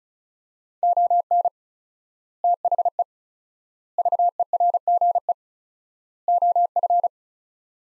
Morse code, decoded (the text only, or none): ON THE VERGE OF